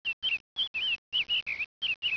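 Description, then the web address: Bird chirping, a quick series of high chirp notes, several within about two seconds. "特酷声音素材库 动物 鸟 Bird"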